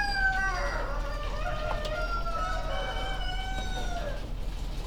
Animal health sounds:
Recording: poultry house recording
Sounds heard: healthy chickens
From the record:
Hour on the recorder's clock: 21

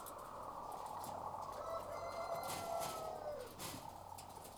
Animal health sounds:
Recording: poultry house recording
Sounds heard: sick chickens (respiratory disease)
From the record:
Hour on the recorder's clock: 12

